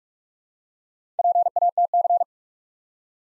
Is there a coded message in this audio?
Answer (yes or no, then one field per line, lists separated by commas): yes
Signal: Morse code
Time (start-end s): 1.2-2.2 s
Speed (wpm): 44 wpm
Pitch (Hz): 700 Hz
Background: none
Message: PATC